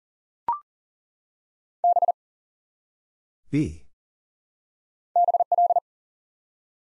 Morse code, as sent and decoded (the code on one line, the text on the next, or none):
-... / -... .-..
B BL